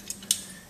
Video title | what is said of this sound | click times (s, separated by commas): Z Turn Blade Foot Pedal Attachment Tips for the Nordic | could put this pin in and it locks in place so it's kind of like the travel mode | 0.3 s